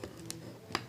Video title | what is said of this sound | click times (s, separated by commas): studio series review - 51 soundwave | bring it out bring it in click there we go okay | 0.3 s, 0.8 s